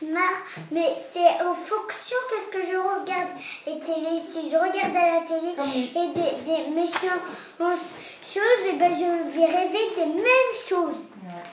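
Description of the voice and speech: A boy of about 6 to 7 years tells a story in French during a speech-therapy assessment, with a sound repetition, drawn-out sounds and a broken word: mild developmental dysfluency. The disfluencies fall only at the ends of words, come without associated tension, and appear mostly when he is excited or eager to tell something. They are speech accidents rather than confirmed stuttering.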